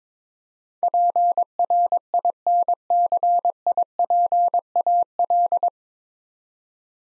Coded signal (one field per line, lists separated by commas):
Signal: Morse code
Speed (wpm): 22 wpm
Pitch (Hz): 700 Hz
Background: none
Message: PRINCIPAL